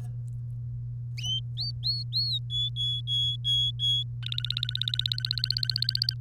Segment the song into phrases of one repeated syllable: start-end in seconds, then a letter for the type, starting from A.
1.57-2.38 A, 2.50-4.03 B, 4.23-6.14 C